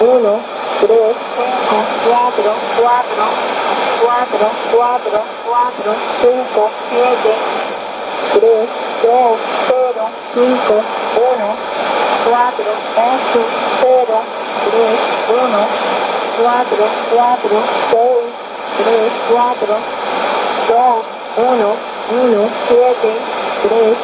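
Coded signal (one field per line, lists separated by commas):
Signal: numbers station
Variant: HM01, Spanish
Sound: female voice reading Spanish digits steadily over shortwave static, with occasional brief dropouts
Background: radio static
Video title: 09 01 2015 Cuban Spy HM01 in Spanish 0659 on 9330 Bauta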